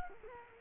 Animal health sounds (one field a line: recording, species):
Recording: mosquito wingbeat signal from an infrared sensor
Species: Culex quinquefasciatus